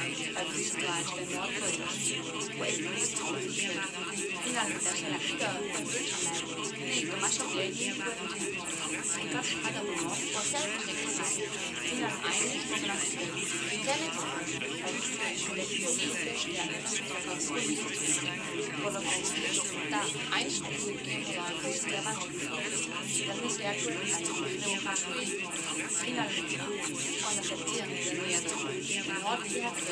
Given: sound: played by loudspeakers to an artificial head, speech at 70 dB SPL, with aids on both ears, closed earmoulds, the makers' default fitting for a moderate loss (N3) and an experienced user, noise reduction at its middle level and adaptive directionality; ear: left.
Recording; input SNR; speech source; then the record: speech test signal (ISTS) in cocktail-party noise; -6 dB; on the right (90 degrees)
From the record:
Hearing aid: class 2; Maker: E